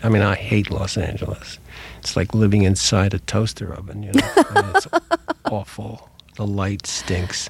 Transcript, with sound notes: I mean, I hate Los Angeles. It's like living inside a toaster oven, you know. (Soundbite of laughter) I mean, it's awful. The light stinks.